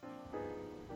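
A brief, whining, tonal rumble shifting in pitch, a 'koon' sound from an adult's growling stomach, normal gut activity.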